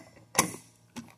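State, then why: Seated. A metal gearbox main housing is slid onto an AR RKA55G30 pressure washer pump on an AR1690 and rotated into place over the O-ring. A sharp click sounds at 0.4 s, followed by a fainter knock near 1.0 s. The housing is seated and sits flat on the base plate.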